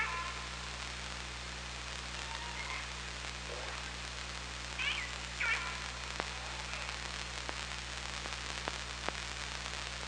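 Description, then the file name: Killer whale calls: a harmonic double burst in midway, followed by scattered sharp clicks over a hissing, humming background. Recorded on a hydrophone at OrcaLab, 24 August 2017, at 17:08:45. "Orca Lab UTLN 20170824 170845"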